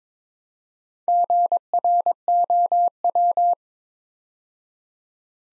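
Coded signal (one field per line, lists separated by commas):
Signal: Morse code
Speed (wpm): 23 wpm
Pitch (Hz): 700 Hz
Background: none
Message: GROW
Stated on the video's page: Morse practice at 22 wpm building 4-letter words two letters at a time, for training instant character recognition.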